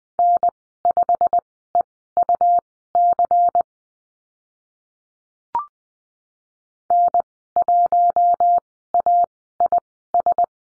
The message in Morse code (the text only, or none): N5EUC N1AIS